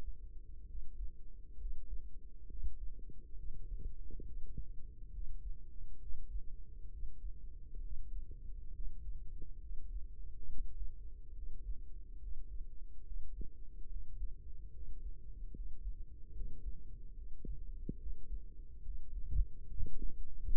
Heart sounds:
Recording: heart sounds by microphone in the right ear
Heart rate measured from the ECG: 69 bpm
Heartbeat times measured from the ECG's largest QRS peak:
0.65 s: heartbeat
1.56 s: heartbeat
2.46 s: heartbeat
3.34 s: heartbeat
4.22 s: heartbeat
5.09 s: heartbeat
5.98 s: heartbeat
6.88 s: heartbeat
7.79 s: heartbeat
8.70 s: heartbeat
9.58 s: heartbeat
10.45 s: heartbeat
11.32 s: heartbeat
12.17 s: heartbeat
13.02 s: heartbeat
13.87 s: heartbeat
14.69 s: heartbeat
15.51 s: heartbeat
16.31 s: heartbeat
17.12 s: heartbeat
17.96 s: heartbeat
18.81 s: heartbeat
19.66 s: heartbeat
20.51 s: heartbeat
From the record:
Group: healthy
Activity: rest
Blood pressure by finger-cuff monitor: 132/85 mmHg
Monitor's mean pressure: 103 mmHg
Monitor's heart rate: 69 bpm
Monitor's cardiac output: 5.2 L/min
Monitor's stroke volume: 77 mL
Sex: male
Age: 35 years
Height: 178 cm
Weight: 64 kg

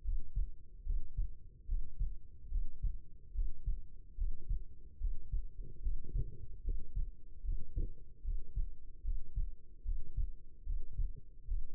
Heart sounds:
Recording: heart sounds by stethoscope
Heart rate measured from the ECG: 73 bpm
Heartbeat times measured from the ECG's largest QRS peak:
0.03 s: heartbeat
0.84 s: heartbeat
1.67 s: heartbeat
2.50 s: heartbeat
3.33 s: heartbeat
4.16 s: heartbeat
4.99 s: heartbeat
5.81 s: heartbeat
6.63 s: heartbeat
7.43 s: heartbeat
8.23 s: heartbeat
9.03 s: heartbeat
9.83 s: heartbeat
10.65 s: heartbeat
11.46 s: heartbeat
From the record:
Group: healthy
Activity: Valsalva maneuver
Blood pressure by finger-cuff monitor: 136/87 mmHg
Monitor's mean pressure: 98 mmHg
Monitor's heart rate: 73 bpm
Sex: female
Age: 22 years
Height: 171 cm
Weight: 65.6 kg

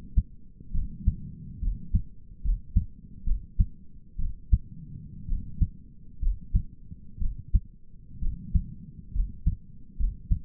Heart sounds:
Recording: heart sounds by stethoscope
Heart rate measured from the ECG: 65 bpm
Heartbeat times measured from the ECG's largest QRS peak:
0.74 s: heartbeat
1.62 s: heartbeat
2.44 s: heartbeat
3.26 s: heartbeat
4.19 s: heartbeat
5.29 s: heartbeat
6.22 s: heartbeat
7.21 s: heartbeat
8.22 s: heartbeat
9.15 s: heartbeat
9.99 s: heartbeat
From the record:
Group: healthy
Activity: cold pressor test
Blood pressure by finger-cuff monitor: 110/68 mmHg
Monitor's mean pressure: 83 mmHg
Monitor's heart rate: 65 bpm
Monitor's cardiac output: 6.1 L/min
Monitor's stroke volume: 91 mL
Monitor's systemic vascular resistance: 980 dyn s/cm5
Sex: male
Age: 22 years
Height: 181 cm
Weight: 79 kg

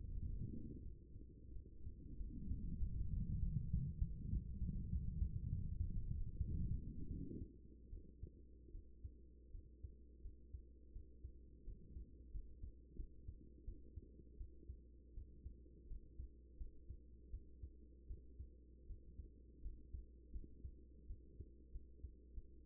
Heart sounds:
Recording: heart sounds by stethoscope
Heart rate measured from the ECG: 86 bpm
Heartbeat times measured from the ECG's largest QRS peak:
0.08 s: heartbeat
0.82 s: heartbeat
1.52 s: heartbeat
2.17 s: heartbeat
2.78 s: heartbeat
3.39 s: heartbeat
3.98 s: heartbeat
4.58 s: heartbeat
5.18 s: heartbeat
5.77 s: heartbeat
6.37 s: heartbeat
7.08 s: heartbeat
7.90 s: heartbeat
8.72 s: heartbeat
9.51 s: heartbeat
10.22 s: heartbeat
10.92 s: heartbeat
11.64 s: heartbeat
12.31 s: heartbeat
12.96 s: heartbeat
13.65 s: heartbeat
14.37 s: heartbeat
15.14 s: heartbeat
15.87 s: heartbeat
16.57 s: heartbeat
17.30 s: heartbeat
18.07 s: heartbeat
18.86 s: heartbeat
19.62 s: heartbeat
20.32 s: heartbeat
21.07 s: heartbeat
21.71 s: heartbeat
22.33 s: heartbeat
From the record:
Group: healthy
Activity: Valsalva maneuver 0-1 s, rest 1-23 s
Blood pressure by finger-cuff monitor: 122/68 mmHg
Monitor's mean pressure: 87 mmHg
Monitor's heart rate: 85 bpm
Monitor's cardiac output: 7.2 L/min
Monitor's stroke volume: 85 mL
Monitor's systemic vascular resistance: 870 dyn s/cm5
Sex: female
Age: 24 years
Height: 163 cm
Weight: 55.7 kg

